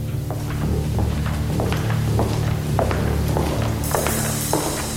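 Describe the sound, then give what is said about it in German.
Steady footsteps thud at an even walking pace as someone follows others through a back door marked toilet, over a continuous low hum, with a few clunks among them, and a bright hiss rises in the last second. “Ich ließ anstandshalber 10 Sekunden vergehen, ehe ich ihnen folgte.”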